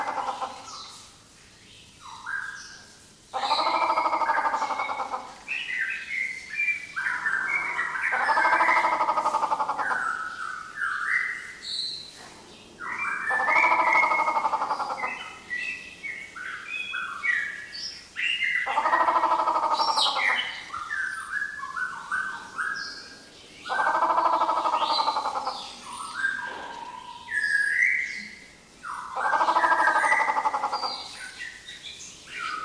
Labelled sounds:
White-rumped Shama

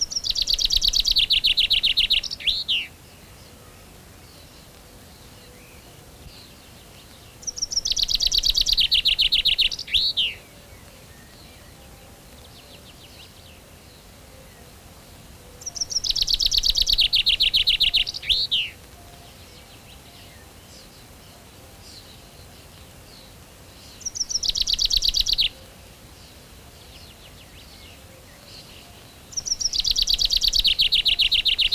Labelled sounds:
Common Chaffinch song

